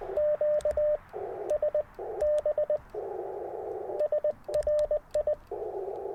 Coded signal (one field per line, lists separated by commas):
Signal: Morse code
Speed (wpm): 20 wpm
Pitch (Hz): 600 Hz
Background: radio noise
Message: QSB SRI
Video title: New Way I Pack POTA Gear for Activations - 12/16/23 @ K-4451